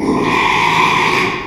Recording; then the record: squeal of a Yucatan mini pig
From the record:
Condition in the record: after surgery on the right vocal fold (resection and tissue-engineered implant); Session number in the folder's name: 1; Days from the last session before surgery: 6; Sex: male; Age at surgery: 12 weeks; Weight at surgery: 13 kg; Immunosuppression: cyclosporine, prednisolone